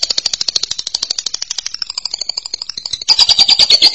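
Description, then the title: Lovebird giving a long, rapid, high rattling chatter, softening slightly in the middle before growing louder and harsher near the end. "BM Suara Burung Lovebird"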